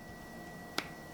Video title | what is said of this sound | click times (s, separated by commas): Review of Fit Flight Flights by Cosmo Darts | hear a little click and it's pretty tight as it goes in | 0.8 s